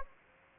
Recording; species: mosquito wingbeat signal from an infrared sensor; Aedes aegypti